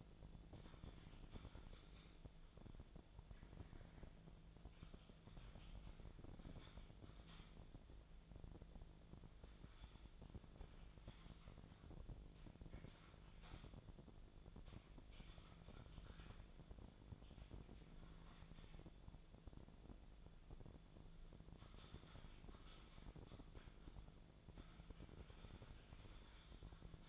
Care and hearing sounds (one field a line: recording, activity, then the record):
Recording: daily activity, microphone in the room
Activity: typing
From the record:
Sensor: 5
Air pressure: 1000.3 hPa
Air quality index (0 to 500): 116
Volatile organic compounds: 1 ppm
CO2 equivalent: 928 ppm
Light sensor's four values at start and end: 121/284/122/132 and 117/274/118/127